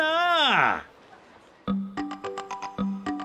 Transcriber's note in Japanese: 街の音